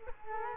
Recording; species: mosquito wingbeat signal from an infrared sensor; Culex quinquefasciatus